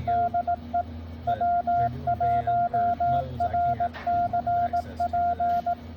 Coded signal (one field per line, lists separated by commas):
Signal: Morse code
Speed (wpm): 18 wpm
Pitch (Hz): 700 Hz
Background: radio noise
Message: DE W1RCP